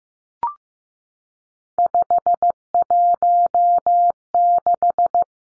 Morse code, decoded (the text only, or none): 516